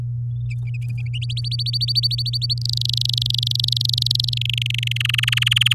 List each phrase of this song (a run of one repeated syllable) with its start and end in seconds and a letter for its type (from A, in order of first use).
1.22-2.54 A, 2.58-4.34 B, 4.36-4.97 C, 5.00-5.74 D